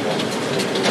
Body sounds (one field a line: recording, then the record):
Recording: background sound without coughing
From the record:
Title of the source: Office Sounds Ambience - Background Noise for Study and Work